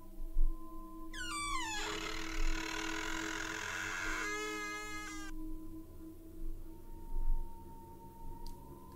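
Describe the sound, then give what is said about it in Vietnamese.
A wooden door creaks open late at night in one long, drawn-out squeal lasting about four seconds, its pitch sliding and wavering high before it stops, over a low steady hum with no talking. “Trong đêm khuya vắng, tiếng cánh cửa gỗ rít lên cọt cả cọt kẹt, nghe gai cả người.”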